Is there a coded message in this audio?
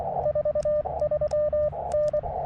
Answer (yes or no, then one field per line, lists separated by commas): yes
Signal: Morse code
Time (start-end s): 0.2-2.2 s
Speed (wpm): 23 wpm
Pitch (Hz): 590 Hz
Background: radio noise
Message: 43N